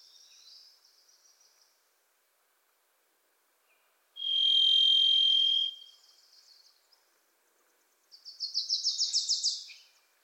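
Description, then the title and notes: Varied thrush singing a single sustained buzzy whistle. A quick series of bright chattering notes follows, with faint warbling between. Pacific Northwest forest; a Wilson's Warbler sings alongside; unmastered recording. "The Varied Thrush, Ixoreus naevius, is a wisp in the forests of the Pacific Northwest."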